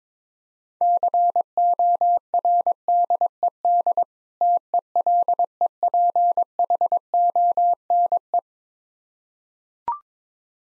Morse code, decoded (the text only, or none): CORDED TELEPHONE